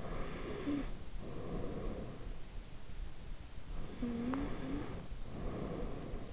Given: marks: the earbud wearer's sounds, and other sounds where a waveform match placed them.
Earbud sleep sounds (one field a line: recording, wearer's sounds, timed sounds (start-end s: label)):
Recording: sounds in sleep by an in-ear microphone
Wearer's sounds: snoring breath, breath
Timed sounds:
0.22-2.71 s: snoring breath
3.97-6.33 s: breath